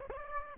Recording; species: mosquito wingbeat signal from an infrared sensor; Aedes aegypti